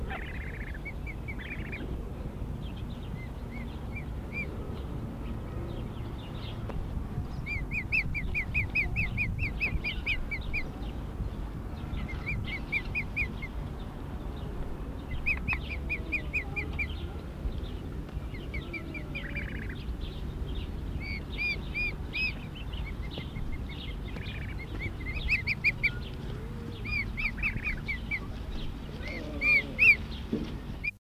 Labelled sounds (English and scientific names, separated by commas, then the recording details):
Barnacle Goose (Branta leucopsis), Mute Swan (Cygnus olor)
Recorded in captivity
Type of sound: trill
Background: Cygnus olor
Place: Zoo Hannover, Niedersachsen, DE
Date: 1977-07-15
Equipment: Halbspur, 9,5 cm/s
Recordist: Lütgens, Hans
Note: Trillernd